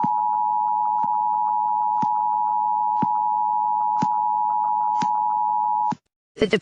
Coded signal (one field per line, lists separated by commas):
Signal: Emergency Alert System (SAME) tones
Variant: 853 and 960 Hz attention tone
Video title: EAS Scenario: Attacks on Crondingsville